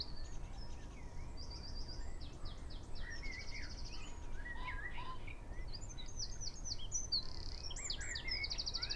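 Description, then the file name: Eurasian wren song of quick high trills and chattering notes over a strong low background rumble. "Troglodytes troglodytes"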